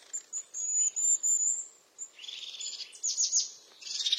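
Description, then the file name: European crested tit song: thin, very high repeated notes, then a buzzy, purring trill of rapid notes, with a short pause before a final burst. "Canto do chapim de crista"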